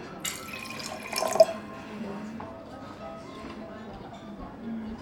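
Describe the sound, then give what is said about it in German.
Wine trickles and splashes into a glass in a short, gurgling pour that swells briefly and then tapers into soft drips, with faint murmuring voices underneath. “Darf ich Ihnen dann einschenken?”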